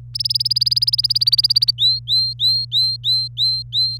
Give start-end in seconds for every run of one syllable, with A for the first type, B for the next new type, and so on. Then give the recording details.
0.14-1.71 A, 1.78-3.98 B. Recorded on 27 April 2018 at 09:03. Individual llb3